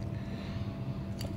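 The crimped pin on a green wire is pushed into position two of the connector housing on a 355A AT&T Avaya Lucent programming adapter for Merlin Magix / Legend systems. A steady low hum runs throughout, then a sharp, short click at 1.2 s marks the pin locking into place in the housing.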